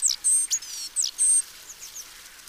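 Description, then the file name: Great tit with a few sharp, very high whistles and downslurred notes in a brief burst, then quieter faint notes fading out. "Parus major"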